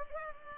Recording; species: mosquito wingbeat signal from an infrared sensor; Culex pipiens